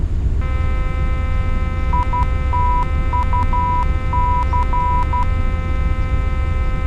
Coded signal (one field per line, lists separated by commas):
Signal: Morse code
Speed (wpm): 12 wpm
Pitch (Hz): 990 Hz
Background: none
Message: ITUC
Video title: #EasternHops | Seattle Tacoma Approach | EAS8780